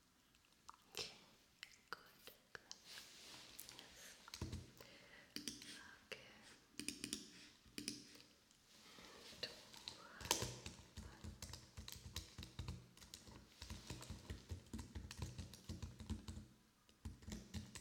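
Keys clatter on a keyboard in quick, uneven bursts of sharp clicks, with brief pauses between runs. A heavier thump lands around ten seconds, after which the typing becomes denser and more continuous. A faint low hum sits underneath throughout.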